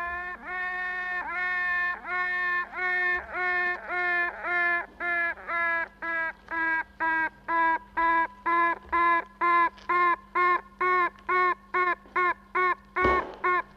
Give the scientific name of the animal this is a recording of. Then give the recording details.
Apis mellifera. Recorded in captivity. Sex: female. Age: imago. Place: Zoologisches Institut der HUB, Berlin, DE. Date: 1964-06-16 19:30. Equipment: BG 26/1, Grundig-Mikrofon. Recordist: Tembrock, Günter. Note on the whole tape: "Tüten" vornehmlich von einer Königin. Ca. 2 bis 3 Tage alt, in Weichselkästchen mit einigen Arbeiterinnen. Mehrere Kästchen stehen nebeneinander. Mitunter auch andere Königinnen zu hören (verschiedene Klangfarbe). Abstand ca. 5 cm. Zimmer 32. Band ununterbrochen auf Aufnahme durchgelaufen vor dem Kästchen mit der aktivsten Königin